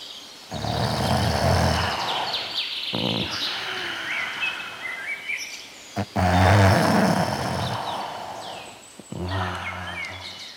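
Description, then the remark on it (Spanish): A wolf snores loudly while napping under a tree, with deep rumbling breaths repeating in slow, steady cycles and brief pauses between them, alone with no talking. “Un poco más allá, vio al lobo roncando bajo un árbol”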